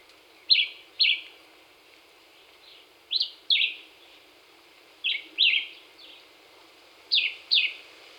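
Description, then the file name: Black-whiskered vireo song: four short phrases of two quick, slurred whistled notes, repeated about every two seconds, with faint hiss underneath. Recorded 26 April 2019. "2019-04-26 Black-whiskered Vireo"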